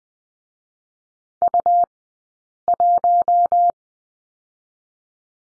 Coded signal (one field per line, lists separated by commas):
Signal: Morse code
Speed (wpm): 20 wpm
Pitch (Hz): 700 Hz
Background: none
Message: U1